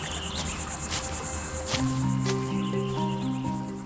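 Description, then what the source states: Water boatman calling: a very high, rapidly pulsing buzz throughout, while sustained musical tones enter partway through. Males' loud mating call, around 99 decibels; European water boatmen living at the bottom of rivers, loud enough to hear while walking beside the river.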